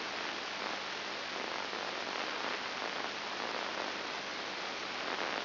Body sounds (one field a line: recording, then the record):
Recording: brain microelectrode recording played as sound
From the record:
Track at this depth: inside the subthalamic nucleus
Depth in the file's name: 4.302 mm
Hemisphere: left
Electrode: 2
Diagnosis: Parkinson's disease